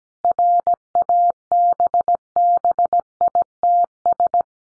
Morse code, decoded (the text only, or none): RABBITS